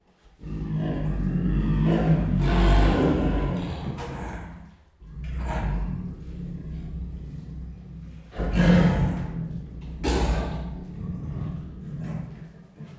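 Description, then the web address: Siberian tiger giving deep grunting growls and harsh snarls in several bursts, separated by brief pauses. Captive, in a zoo at Miskolc, recorded 2018, growling and snarling while eating. "miskolcizoo 2018 sziberiai tigris morogvahorogveesznek"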